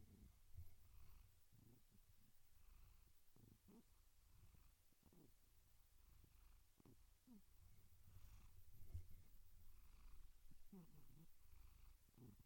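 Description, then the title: Domestic cat purring, a quiet low rumble, irregular in pace. Gentle, rhythmic purring. "Relaxing Cat Meow Sounds"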